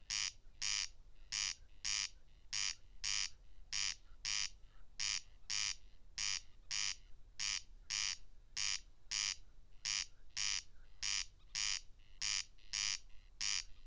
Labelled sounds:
Corn Crake song

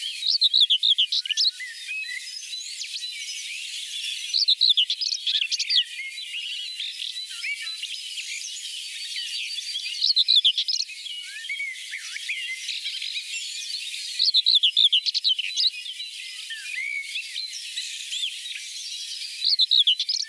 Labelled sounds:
Common Whitethroat song

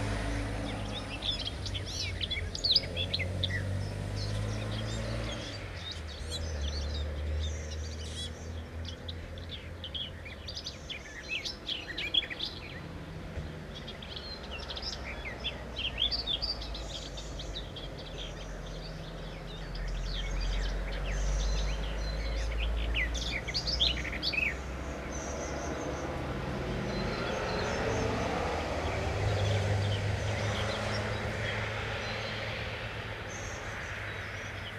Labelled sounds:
Garden Warbler song

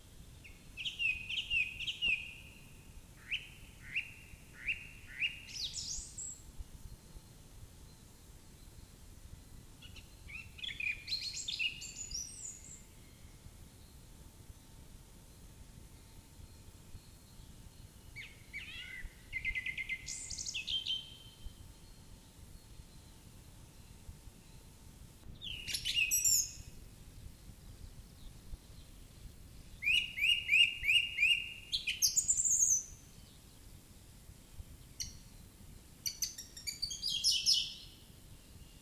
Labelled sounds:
Song Thrush song

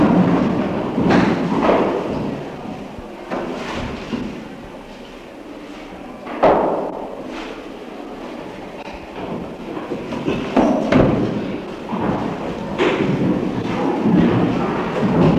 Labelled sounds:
Chimpanzee

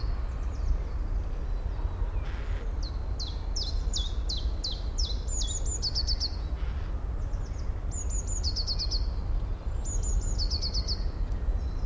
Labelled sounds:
Eurasian Blue Tit call

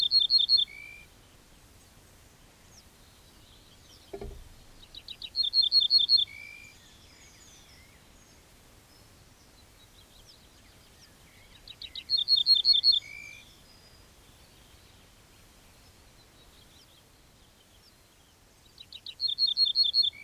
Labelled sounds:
Ortolan Bunting song

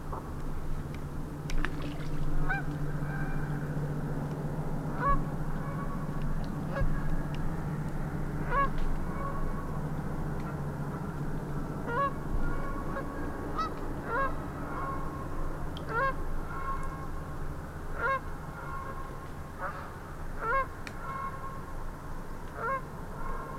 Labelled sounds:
Canada Goose call

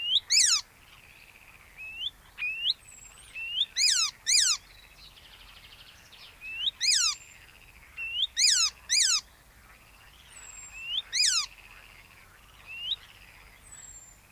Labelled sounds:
Icterine Warbler song

